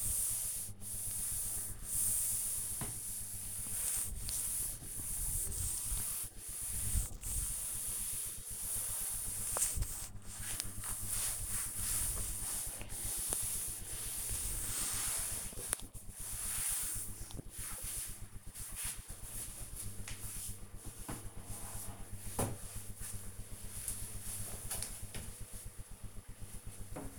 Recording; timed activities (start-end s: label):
household activities, microphone on the right wrist
0.00-16.58 s: cleaning table